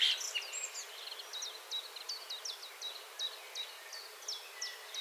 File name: Turdus merula 181122